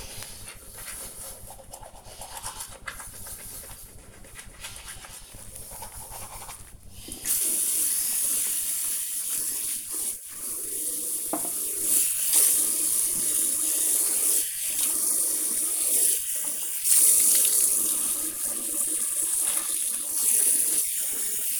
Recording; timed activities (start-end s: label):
household activities, microphone on the right wrist
0.00-21.59 s: brushing teeth